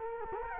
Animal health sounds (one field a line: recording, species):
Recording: mosquito wingbeat signal from an infrared sensor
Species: Culex quinquefasciatus